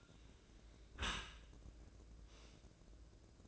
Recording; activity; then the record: daily activity, microphone in the room; close dishwasher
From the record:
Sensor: 2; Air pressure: 1012.2 hPa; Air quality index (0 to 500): 149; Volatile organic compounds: 2 ppm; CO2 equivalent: 1092 ppm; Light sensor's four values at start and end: 306/753/305/309 and 306/754/306/310